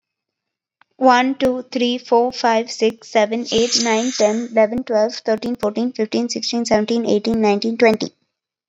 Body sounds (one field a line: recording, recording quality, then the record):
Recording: counting at a fast pace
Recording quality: excellent, no background noise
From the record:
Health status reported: COVID-19 positive, mild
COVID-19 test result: positive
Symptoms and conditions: cold, fever, fatigue, muscle pain, loss of smell and taste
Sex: female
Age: 22 years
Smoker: not ticked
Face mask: not worn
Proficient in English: yes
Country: India